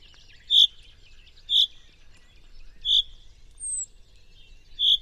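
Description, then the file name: Common chaffinch calls: four loud, sharp 'pink' notes spaced one to two seconds apart, with one thin, very high note between them. "Fringilla coelebs"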